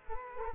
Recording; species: mosquito wingbeat signal from an infrared sensor; Culex quinquefasciatus